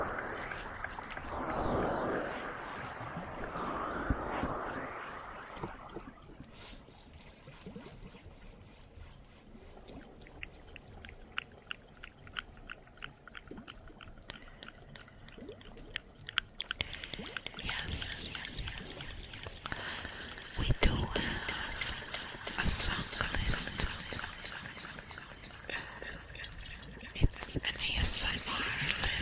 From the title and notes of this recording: Some more Cave ASMR, Water and Fireplace added.